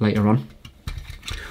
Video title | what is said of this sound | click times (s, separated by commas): RCD Safety Adaptor - New BUT Faulty - Can it be FIXED? | why are you not latching on | none